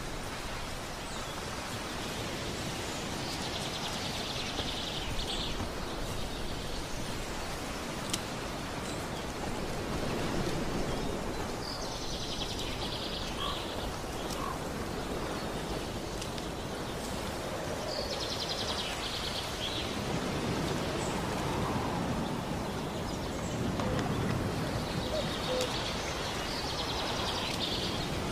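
Nature sounds: a steady, dense hiss runs throughout, with a low rumbling swell around ten seconds and again near twenty. High chirping bursts, likely birds or insects, return roughly every six to seven seconds over the constant background.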